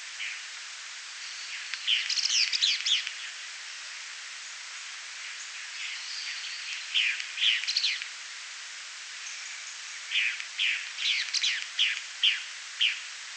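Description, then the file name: Three-striped flycatcher singing short phrases of sharp, falling chirps, three bursts separated by pauses of a few seconds, over a steady hiss. Song, 30 July 2000, by Di Tore. "Conopiastrivirgata Di Tore 30 JUL 00 MVQZsong"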